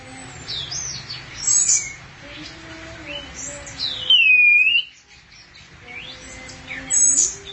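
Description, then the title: Thrush giving high twittering notes and a strong swooping whistle, with softer low tones underneath. "burung anis x"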